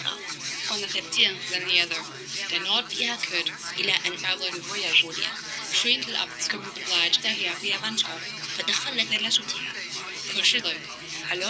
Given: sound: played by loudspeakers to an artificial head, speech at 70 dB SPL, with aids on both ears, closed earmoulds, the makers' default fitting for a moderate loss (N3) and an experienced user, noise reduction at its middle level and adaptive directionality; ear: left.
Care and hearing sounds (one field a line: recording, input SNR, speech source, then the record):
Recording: speech test signal (ISTS) in cocktail-party noise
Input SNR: -3 dB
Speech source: in front (0 degrees)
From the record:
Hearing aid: class 2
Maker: A